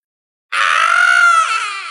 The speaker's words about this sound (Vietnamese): Cách đó không xa có một sinh linh hét lớn và rớt từ trên vách đá xuống. Mặc cho cả người của hắn phát sáng thì cũng không cách nào bay lên được. Âm thanh càng ngày càng yếu cho tới khi biến mất ở dưới vực sâu không đáy này.